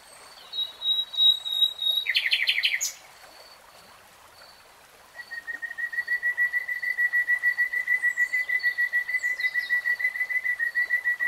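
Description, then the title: Nightingale song: a chattering buzzy burst, then a long steady run of many evenly repeated pulsed whistles, with faint high notes in the background. Singing; from a 3-hour real-time recording. "[Tiếng chim hót] 3 Hours REALTIME Nightingale Singing"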